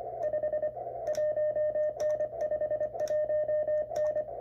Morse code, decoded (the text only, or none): 5 1N 5 1N